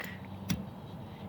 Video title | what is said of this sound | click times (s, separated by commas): How to replace front windshield wiper blades - 2011-2917 Honda Odyssey DIY video - #diy #wiper | could hear it pop into place and then you can go ahead and | 0.5 s